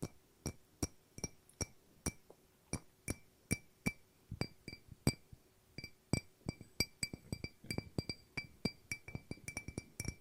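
Glass is tapped repeatedly, each sharp clink leaving a bright, short ring. The taps come at a fairly steady pace of about two per second at first, then grow quicker and more clustered after the six-second mark, overlapping into a busier jingle.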